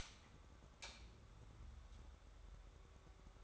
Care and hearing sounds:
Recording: daily activity, microphone in the room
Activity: light on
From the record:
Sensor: 3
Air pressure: 1010.3 hPa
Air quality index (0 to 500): 169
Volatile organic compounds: 10 ppm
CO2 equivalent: 2205 ppm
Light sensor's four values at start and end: 49/122/53/59 and 51/128/56/62

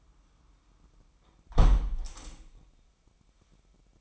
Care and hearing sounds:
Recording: daily activity, microphone in the room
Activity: close window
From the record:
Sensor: 1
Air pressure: 998.7 hPa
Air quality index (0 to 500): 120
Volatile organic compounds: 3 ppm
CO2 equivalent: 1438 ppm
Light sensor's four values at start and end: 8/18/7/9 and 7/18/7/8

